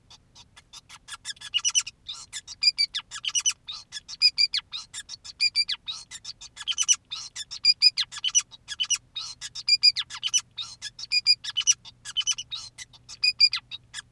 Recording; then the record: song of a male Bengalese finch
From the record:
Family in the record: son of father 2, and himself father 5